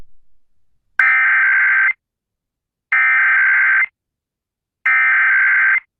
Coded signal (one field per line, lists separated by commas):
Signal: Emergency Alert System (SAME) tones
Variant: header bursts